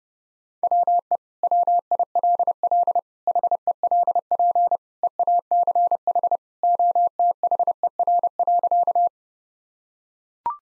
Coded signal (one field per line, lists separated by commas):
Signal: Morse code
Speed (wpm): 32 wpm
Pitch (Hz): 700 Hz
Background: none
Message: WE WILL HELP EACH OTHER.